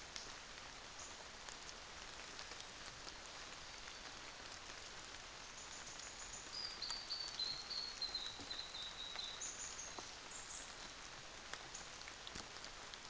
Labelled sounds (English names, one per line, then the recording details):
New Zealand Fantail
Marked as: faintness 3/5
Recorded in New Zealand on 24 December 2018
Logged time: 06:00